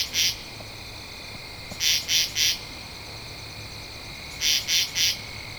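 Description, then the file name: Katydid rasping in triple-pulsed bursts repeated about every two and a half seconds, with a thin steady whine behind. Recorded 2 October 2012. "Katydid-20121002"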